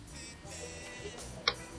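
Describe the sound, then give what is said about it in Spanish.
Faint keyboard typing by a remote guest, heard over a live radio broadcast connection from Mexico: a few soft taps over a low steady hum, then one sharper, brighter keystroke near the end. No one speaks. “te escuchamos allá tecleando.”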